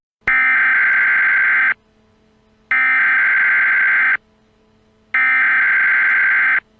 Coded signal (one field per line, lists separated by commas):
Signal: Emergency Alert System (SAME) tones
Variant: header bursts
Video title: Caillou Sets off the EAS Alert around Springfield/Grounded HUGE TIME